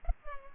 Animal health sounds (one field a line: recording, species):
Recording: mosquito wingbeat signal from an infrared sensor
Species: Culex pipiens